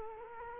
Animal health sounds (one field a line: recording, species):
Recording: mosquito wingbeat signal from an infrared sensor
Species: Culex quinquefasciatus